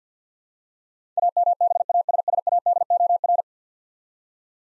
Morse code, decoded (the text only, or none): AMBASSADOR